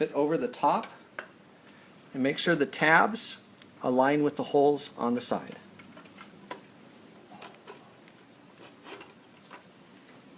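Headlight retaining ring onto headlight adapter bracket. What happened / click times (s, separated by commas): The ring is being positioned but has not yet snapped in / none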